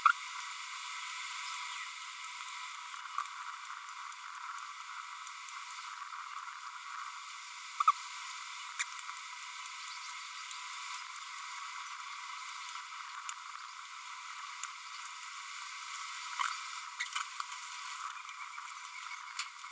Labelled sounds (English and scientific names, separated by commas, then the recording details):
Green-rumped Parrotlet (Forpus passerinus) babbling
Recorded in a nest box in Venezuela
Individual 18B25A3